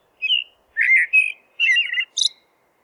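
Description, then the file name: Eurasian blackbird song phrase of mellow warbled whistles in quick succession, ending in a thin, high-pitched squeaky flourish. "merel zang"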